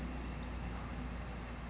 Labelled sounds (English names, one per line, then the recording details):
Western Flycatcher
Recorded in Sonoma County, California